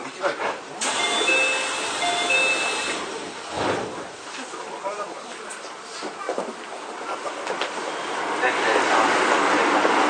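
Riding a Keio 9000 series train between Takaosanguchi and Tsutsujigaoka: a dense, steady rushing roar with faint whining tones in the first three seconds. It briefly dips near 3.5 seconds, carries scattered clicks and knocks, then swells louder and brighter over the last two seconds.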